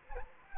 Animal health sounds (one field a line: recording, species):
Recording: mosquito wingbeat signal from an infrared sensor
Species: Anopheles gambiae